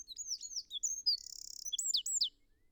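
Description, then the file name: Eurasian wren song: a fast burst of high, sweeping whistled notes broken by a dry buzzing trill in the middle, then more sharp descending notes. "Troglodytes troglodytes"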